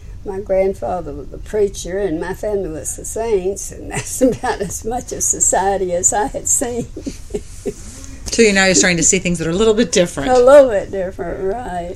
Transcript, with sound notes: My grandfather was a preacher and my family was the singers and that was about as much of society as I had seen! (laughs)
So now you're beginning to see things that are a little bit different.
A little bit different, yes.